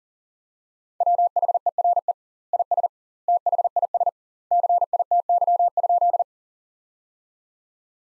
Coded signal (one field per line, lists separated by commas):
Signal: Morse code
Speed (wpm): 40 wpm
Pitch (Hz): 700 Hz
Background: none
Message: WHERE IS THIS CITY?